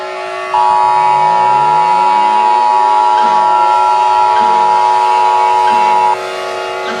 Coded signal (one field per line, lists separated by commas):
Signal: Emergency Alert System (SAME) tones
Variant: 853 and 960 Hz attention tone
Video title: EAS Scenario The Red Giant Sun Devours Earth (Updated)